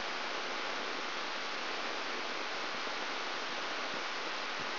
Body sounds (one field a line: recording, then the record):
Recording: brain microelectrode recording played as sound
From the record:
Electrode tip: outside the subthalamic nucleus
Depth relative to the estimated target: -6 mm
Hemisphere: right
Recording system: AlphaMap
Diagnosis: Parkinson's disease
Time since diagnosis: 20 years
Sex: female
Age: 65 years